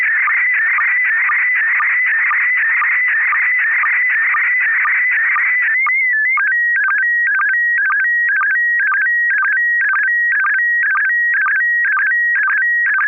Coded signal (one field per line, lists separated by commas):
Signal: SSTV (slow-scan television)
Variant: PD 120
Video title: N6NA SSTV Net - 11/22/2023